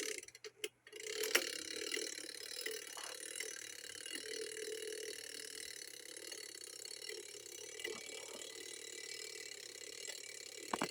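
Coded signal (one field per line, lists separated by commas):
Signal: coded fire alarm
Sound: a lever click, then a steady rapid mechanical ratcheting tick as the code wheel runs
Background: room hum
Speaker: There you go. There's my early 1900s coded fire alarm pull station.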